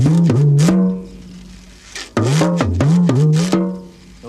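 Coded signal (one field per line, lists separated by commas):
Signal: talking drum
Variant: Yoruba dùndún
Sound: two phrases of resonant low drum strokes whose pitch glides up and down like speech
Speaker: if he understands the drum you just tell him what to do with the drum. If you don't want your visitor to know like saying or go and greet my friend for me is what I say you just call him. If his name is you say say he will answer you then you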